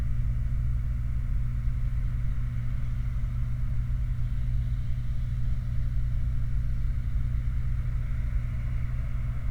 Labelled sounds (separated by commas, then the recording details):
machinery, flare stack
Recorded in the Prudhoe Bay oil fields, Alaska, on 28 July 2019 at 23:41
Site 29